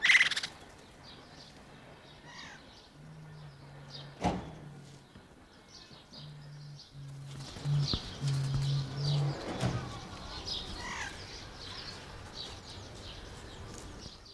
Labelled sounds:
Greater Necklaced Laughingthrush
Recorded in captivity
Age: adult
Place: Zoo Berlin, Berlin, DE
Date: 1992-04-04 11:00
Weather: bedeckt, 5-8°C
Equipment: Nagra SN, Mikrofon AKG CK 8, Kopie Tesla B 116
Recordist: Tembrock, Günter

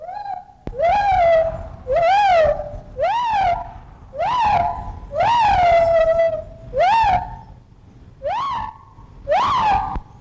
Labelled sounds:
Lar Gibbon
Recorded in captivity
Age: adult
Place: Zoo Köln, Nordrhein-Westfalen, DE
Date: 1960-06-10 12:00
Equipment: Vollspur, Reporter
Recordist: Tembrock, Günter

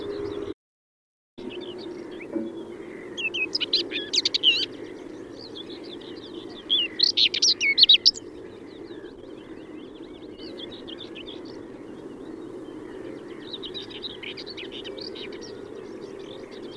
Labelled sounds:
Common Whitethroat song
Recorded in the wild
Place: Wierden, Overijssel, NL
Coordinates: 52.358, 6.594
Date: 1990-05-18
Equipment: Nagra III BH, Sennheiser MD 21, parabola
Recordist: Schubert, Michael

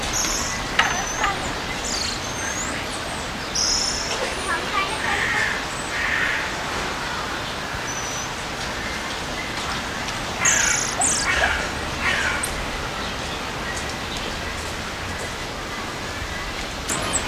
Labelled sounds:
White-headed Marmoset call
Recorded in captivity
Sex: group
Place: Zoo Berlin, Berlin, DE
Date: 1999-08-23 14:34
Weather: wolkig, ca. 17-18°C
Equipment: Sony WM-D6C, Sennheiser ME 80, Kopie Uher 4000 Report Monitor
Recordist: Tembrock, Günter

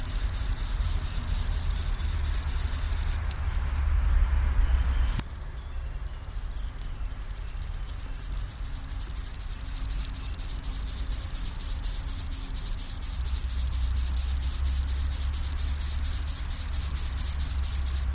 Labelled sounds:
Upland Field Grasshopper stridulation
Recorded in the wild
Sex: male
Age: imago
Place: Caputh, Brandenburg, DE
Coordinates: 52.3364, 12.955
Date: 1996-07-21 15:14
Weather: sunny, 23°C
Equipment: Sony MD-WM MZ-R3, Sennheiser MKH 416 T, Kopie Uher 4000 Report Monitor
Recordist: Tembrock, Günter

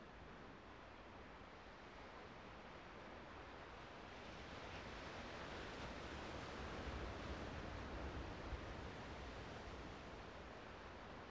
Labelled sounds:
Arctic Fox barking
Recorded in the wild
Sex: pair
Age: adult
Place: Insel Mednyi, Kommandeur-Inseln, RU
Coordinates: 54.5167, 168.083
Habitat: tundra
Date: 1999-07-26 10:41
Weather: fair, almost no clouds, ca. 15°C, no wind
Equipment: Sony TCD-D8, Sennheiser MKH 70, Windkorb
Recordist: Frommolt, Karl-Heinz

